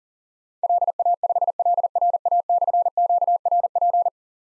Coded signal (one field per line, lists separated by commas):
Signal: Morse code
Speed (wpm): 37 wpm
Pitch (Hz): 700 Hz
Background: none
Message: LA5LRA/QRP